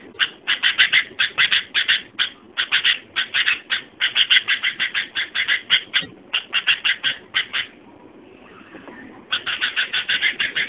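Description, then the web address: Sooty-headed bulbul: harsh rapid chattering, buzzy notes repeated quickly for several seconds, a short gap, then the chatter starting again. "suara kutilang asli. burung kutilang"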